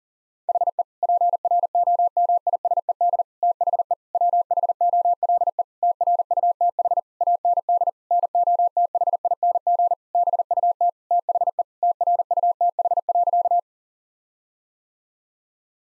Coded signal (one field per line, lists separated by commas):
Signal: Morse code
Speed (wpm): 40 wpm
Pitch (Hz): 700 Hz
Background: none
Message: HE PROMISED THE WHOLE TRUTH AND NOTHING BUT THE TRUTH.